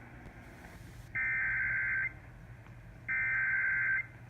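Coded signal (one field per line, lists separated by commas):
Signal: Emergency Alert System (SAME) tones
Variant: header bursts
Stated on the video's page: Received on AM broadcast radio, 740 AM and 810 AM.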